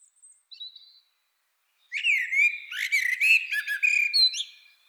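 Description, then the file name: Common blackbird song: a few faint thin notes, then a loud fluty warble that runs into a fast series of high scratchy twitters. "Turdus merula"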